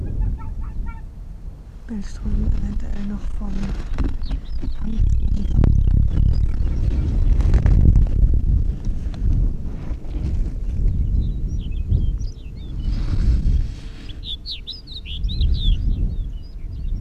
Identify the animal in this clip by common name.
Arctic Fox